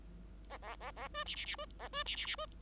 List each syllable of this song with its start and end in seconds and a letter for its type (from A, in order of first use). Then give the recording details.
0.49-0.58 A, 0.62-0.76 A, 0.80-0.91 A, 0.96-1.08 A, 1.14-1.24 B, 1.25-1.35 C, 1.35-1.46 C, 1.46-1.56 C, 1.58-1.66 B, 1.79-1.88 A, 1.93-2.03 B, 2.06-2.16 C, 2.16-2.26 C, 2.26-2.36 C, 2.38-2.46 B. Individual Bird5